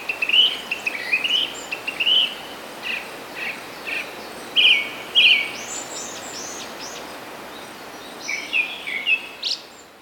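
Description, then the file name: Japanese thrush song: short whistled phrases with trilled and repeated notes, separated by gaps of a second or two, over a soft constant hiss. "kurotugumi"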